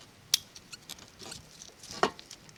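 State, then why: Seated. A plastic locking cover, the terminal retainer on a car harness connector, snaps closed after the terminal is inserted, giving a sharp click at 0.3 s. Fainter ticks and handling sounds follow, with a second firm snap near 2.0 s. The retainer is seated.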